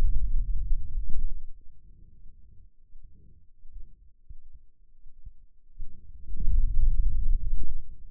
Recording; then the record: forearm muscle sounds (acoustic myography)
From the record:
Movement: hand opening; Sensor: system 2, bracelet of six BSWA MPA416 microphones around the upper forearm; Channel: 2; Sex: male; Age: 22 years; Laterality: right